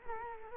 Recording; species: mosquito wingbeat signal from an infrared sensor; Culex quinquefasciatus